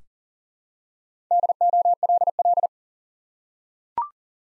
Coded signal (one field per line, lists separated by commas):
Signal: Morse code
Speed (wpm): 39 wpm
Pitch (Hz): 700 Hz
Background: none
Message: DOLL